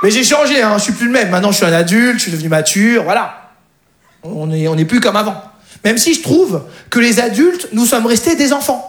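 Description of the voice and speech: An adult man speaks French in a lively stand-up comedy monologue. After a long silent pause he repeats the opening words of a phrase several times and stretches one consonant. These repetitions, the prolongation and the pause fit stuttering, which began suddenly in childhood; at times he stutters so hard that he closes both eyes.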